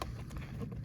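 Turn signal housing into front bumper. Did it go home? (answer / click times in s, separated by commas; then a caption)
no / none. A clear turn signal housing is pushed into the plastic front bumper opening of a 3rd Gen Toyota 4Runner, with brief plastic knocks at about 0.0, 0.4, 0.7 and 0.9 seconds. Its top and bottom retaining prongs do not catch, and nothing has snapped into place yet, though a proper fit would give a little snap. Pushed from behind, the housing comes right out.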